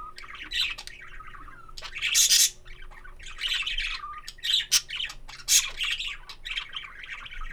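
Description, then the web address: Budgerigar chirping in continuous bursts of grating squawks and burbling warbles, with louder harsh outbursts around the second and fifth seconds. Budgerigar chirping in a farmyard. "allathangok parasztudvar hullamospapagaj papagaj csiviteles"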